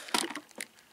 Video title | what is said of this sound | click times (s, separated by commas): TRAKLINE EDC Gunbelt | you hear that snap and | 0.2 s